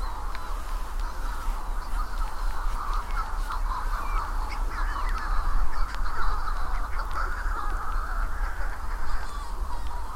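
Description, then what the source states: Manx Shearwaters calling: many hoarse, cackling cries overlap without a break, over a low rumbling background. Many wild birds calling after dark before midnight on an overcast, starless night in June 2018 on Skomer Island, Wales; pairs calling to find each other during a census.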